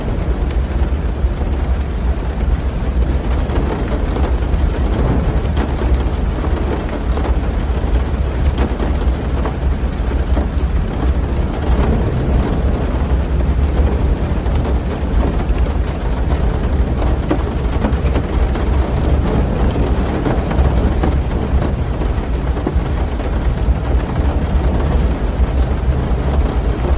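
Heavy rain pours down without pause, a dense, constant roar that stays equally loud from start to finish. A deep rumbling low end sits beneath the hiss, with countless small patters crowding together and no distinct single events standing out.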